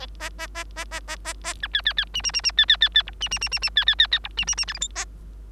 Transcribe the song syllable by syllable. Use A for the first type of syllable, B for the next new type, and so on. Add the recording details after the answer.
A A A A A A A A B C C C D D D D C C C C E D D D D D C C C C E D D D F G H A. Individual Bird3